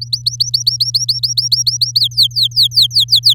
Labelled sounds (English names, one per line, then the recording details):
Domestic Canary song
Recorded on 6 May 2018 at 10:27
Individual llb16